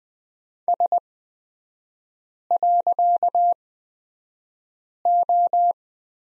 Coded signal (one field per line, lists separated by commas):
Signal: Morse code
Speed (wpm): 20 wpm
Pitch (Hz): 700 Hz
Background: none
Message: S.O